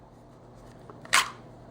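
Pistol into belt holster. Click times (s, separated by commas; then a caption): 1.1 s. A pistol is pushed into a polymer holster on a belt rig, with a couple of faint ticks at 0.9 and 1.1 seconds. It snaps into its retained position with a sharp, bright click at 1.1 seconds, confirming it is seated.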